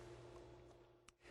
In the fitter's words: from the bottom just push it on until it clicks then come back up to the top and push the top in once